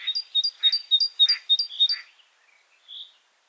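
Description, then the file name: Great tit song of seven rapid, ringing two-note phrases, mixed with short lower chipping notes, ending with one soft separate note. "Parus major"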